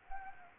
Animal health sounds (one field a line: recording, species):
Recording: mosquito wingbeat signal from an infrared sensor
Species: Anopheles gambiae